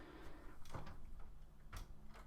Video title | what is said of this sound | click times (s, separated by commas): TOYWORLD TW-D05 SPEAR | And then it pops out. See? | 0.7 s